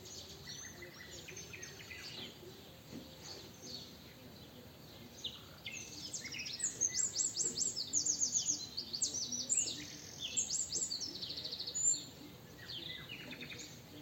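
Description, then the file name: Eurasian wren, a loud burst of rapid high trills and chattering notes in the second half, over a busy background of other birds calling. "Troglodytes troglodytes"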